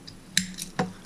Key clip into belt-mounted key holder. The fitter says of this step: you hear that you know your keys ain't going nowhere